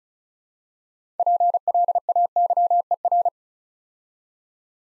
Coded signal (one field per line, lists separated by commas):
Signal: Morse code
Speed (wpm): 36 wpm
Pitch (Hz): 700 Hz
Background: none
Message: PLAYER